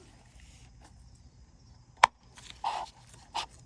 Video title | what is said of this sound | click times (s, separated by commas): Changing Your Oil and Filter On a Ford 6.0 - How to Prime The Pump/ HotShot’s Secret For Stiction | this will snap right into it | 2.0 s